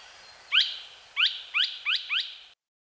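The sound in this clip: Australian logrunner giving five rising, slurred chirps in quick succession over faint background hiss.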